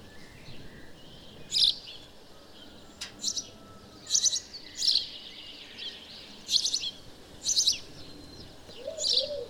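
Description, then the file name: House sparrow chirps: short notes repeated irregularly every second or two over background noise. "Passer domesticus"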